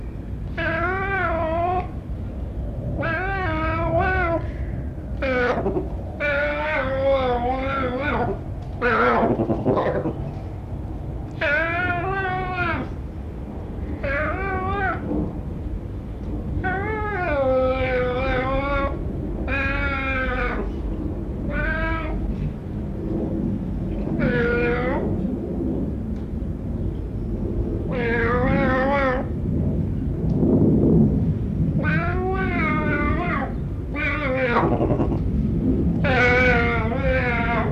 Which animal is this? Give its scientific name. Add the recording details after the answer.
Leopardus pardalis. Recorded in captivity. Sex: male. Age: adult. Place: Zoo Rostock, Mecklenburg-Vorpommern, DE. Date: 1977-11-25 12:25. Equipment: Uher CR 210, Sennheiser MD 421, Tesla-Verstärker, Kopie Uher Variocord. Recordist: Tembrock, Günter. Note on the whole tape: Männchen: Lautfolge: erst leises Maunzen, dann lauter werdend, Dehnungslaute, 2 oder 3 x mit rhythmischer Lautform (dem Prusten homolog?), dann in Knurren übergehend (läuft am Gitter hin und her). Abstand: 0,5-1 m